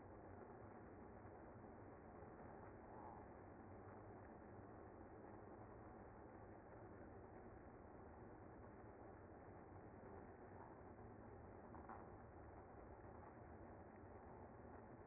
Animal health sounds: honeybee colony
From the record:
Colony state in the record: active

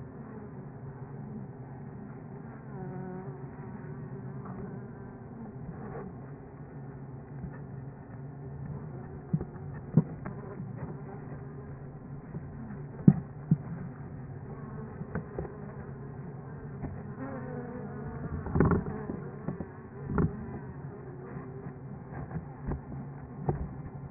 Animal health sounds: honeybee colony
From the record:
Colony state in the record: active

